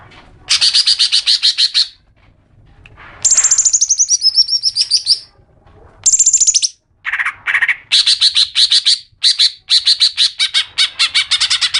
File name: crecetan cucak hijau wezmody